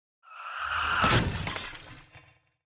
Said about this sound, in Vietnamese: Một tiếng va chạm cực lớn vang lên, xe thể thao nhất thời bị xe vận tải đánh bay, cứ như con gà quay mà lăn đùng về phía trước.